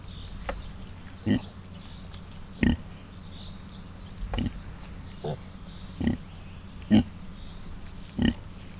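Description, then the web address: Mangalica piglets giving brief, rough grunts, roughly one each second with uneven spacing, against a constant low droning background. Five cat-sized suckling Mangalica piglets, kept in a zoo in Miskolc, recorded in 2018. "mangalica otmacskanagysaguszoposmalac"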